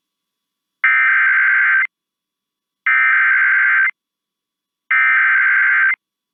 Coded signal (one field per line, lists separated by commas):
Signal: Emergency Alert System (SAME) tones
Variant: header bursts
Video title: EAS Severe Thunderstorm Warning Childress, Texas NOAA Weather Radio KJY97 +WeatherSTAR4000 (KLSR-FM)